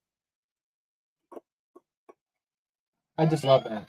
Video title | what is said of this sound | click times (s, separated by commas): Let's Open Some Toys Live! Ep. 30 First Live of 2026 📱 | Doesn't lock into place like this does. This is a has a really satisfying kind of clip to it. | 1.3 s